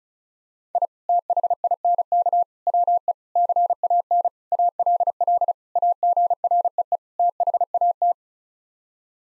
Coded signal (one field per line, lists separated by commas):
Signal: Morse code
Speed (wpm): 36 wpm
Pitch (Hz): 700 Hz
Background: none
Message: I THINK WE CAN ALL AGREE THAT